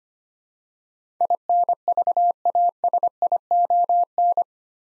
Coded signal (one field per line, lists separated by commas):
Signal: Morse code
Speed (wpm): 25 wpm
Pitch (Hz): 700 Hz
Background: none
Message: INVASION